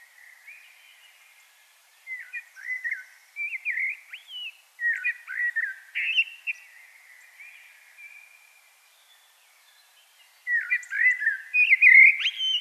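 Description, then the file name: Common blackbird singing rich, varied whistled phrases, several in a row, then a pause before a final louder phrase. "Turdus merula"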